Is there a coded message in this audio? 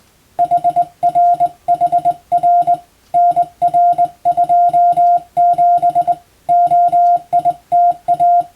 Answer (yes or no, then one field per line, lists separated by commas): yes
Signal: Morse code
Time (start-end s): 0.4-8.4 s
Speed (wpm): 20 wpm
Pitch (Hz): 700 Hz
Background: none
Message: HRHR NR27 OITA